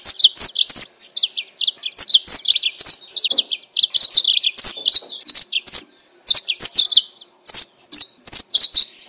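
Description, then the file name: Yellow-fronted canary giving rapid, high twittering phrases in quick succession, with short gaps. Mozambique singer used as a bird-keepers' training recording for captive birds. "mozambik omkicau"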